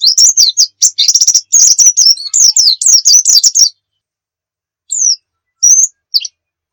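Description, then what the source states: White-eye song, an unbroken stream of high twittering notes for about four seconds, followed by a few isolated sharp chirps. Pleci muria type; masteran (song-training material).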